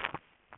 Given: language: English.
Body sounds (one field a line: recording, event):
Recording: throat vibration sensor signal played as sound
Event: swallow